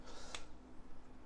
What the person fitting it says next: It's not stripped out. It did finally seat at the bottom of the hole.